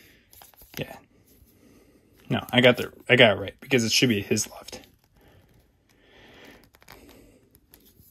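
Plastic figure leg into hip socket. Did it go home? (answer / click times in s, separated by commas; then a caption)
yes / 7.6 s, 7.7 s. A plastic leg of a build-a-figure action figure is pushed into its hip socket after someone checks which side it belongs on and talks briefly. After quieter handling and rustling, the leg seats with small sharp clicks at about 7.5 s and 7.7 s, popping right into the joint.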